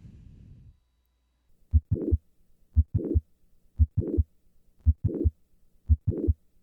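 A regular heartbeat of about 58 a minute: each first sound is followed by a sharp click in mid-systole, then a short late systolic murmur that runs up to the second sound. This is the click and late systolic murmur of mitral valve prolapse.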